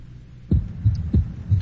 Loud second heart sound, left sternal border area.